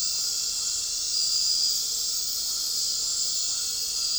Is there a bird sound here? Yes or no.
no